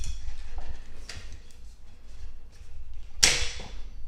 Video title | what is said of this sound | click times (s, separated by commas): 2014-2018 BMW X5/X6 Wiper Blade Change+ Polishing Windshield! | what you want right there, that audible click. | 3.2 s